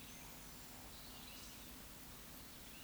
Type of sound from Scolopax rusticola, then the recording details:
whistle, croak. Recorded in Baden-Württemberg, Germany, on 16 June 2021 at 20:01 UTC. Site 18672, 474 m above sea level